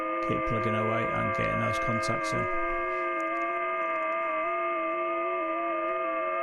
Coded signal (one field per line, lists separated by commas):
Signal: FT8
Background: speech